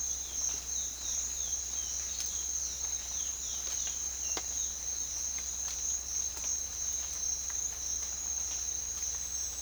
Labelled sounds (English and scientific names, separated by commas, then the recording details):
Chestnut-bellied Seed Finch (Sporophila angolensis)
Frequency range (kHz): Chestnut-bellied Seed Finch (Sporophila angolensis) 2.4-4.9 kHz
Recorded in secondary vegetation near Puerto Asís, Putumayo, Colombia, on 25 June 2025 at 07:00
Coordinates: 0.499, -76.323
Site G077